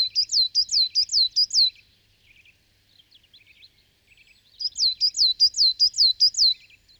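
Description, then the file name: Coal tit song: a quick run of high, bright two-note phrases repeated several times, a pause with faint soft notes, then another matching run of repeated phrases. "kosmos 93 tannenmeise"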